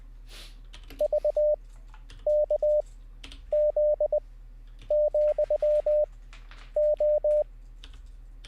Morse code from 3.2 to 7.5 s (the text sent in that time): Z , O